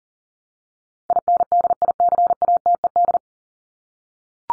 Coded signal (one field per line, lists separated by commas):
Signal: Morse code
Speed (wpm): 40 wpm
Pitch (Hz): 700 Hz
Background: none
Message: INDICATED